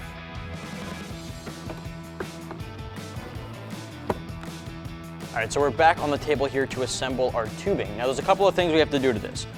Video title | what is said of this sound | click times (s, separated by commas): 2014-2016 Silverado & Sierra S&B Cold Air Intake & Oiled Cleanable Cotton Filter Review & Install | Also lassen wir es einrasten und sorgen dafür, dass es einrastet. | 2.2 s, 4.1 s